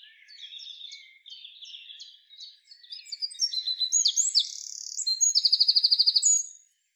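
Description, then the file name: Eurasian wren: thin, soft high twittering at first, building into a Eurasian wren's loud rapid song that climaxes in a fast, even machine-gun trill. "Troglodytes troglodytes"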